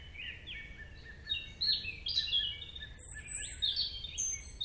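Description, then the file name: European robin singing rising and falling high warbled notes, growing busier after the first second, with a low steady rumble underneath. "Erithacus rubecula"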